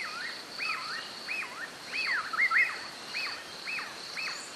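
Spotted puffbird uttering repeated looped whistles, rising and dropping, one overlapping another midway, against a continuous high insect hum.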